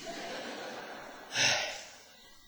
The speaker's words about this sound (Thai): พอพูดเร็วเราก็หายใจไม่ทันเดี๋ยวขอหายใจก่อน